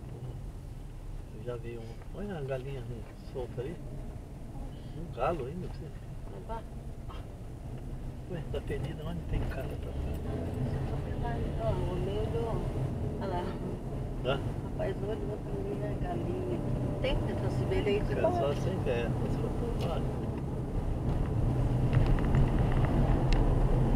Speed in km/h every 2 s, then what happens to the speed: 11, 11, 12, 14, 19, 26, 31, 35, 38, 39, 42, 46.
0-6 steady at about 11. 6-24 speeds up to 46.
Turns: none.